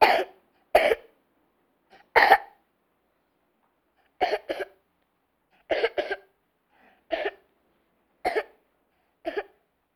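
A child coughs repeatedly in short, sharp bursts, some single and some in quick doubles, about ten coughs over ten seconds with brief silent pauses between. The coughs sound fairly dry and explosive, with no background noise.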